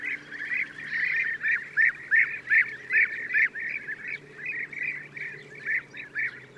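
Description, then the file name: European bee-eater calls, a rapid run of short rolling, arched notes repeated about two to three times a second, with a faint low hum underneath. "gyurgyalag"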